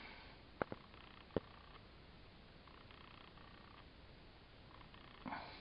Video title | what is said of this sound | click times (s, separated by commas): bmw r1150gs cam chain rail replacement | okay just pushed it on and it clicked into place | 0.6 s